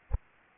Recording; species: mosquito wingbeat signal from an infrared sensor; Anopheles arabiensis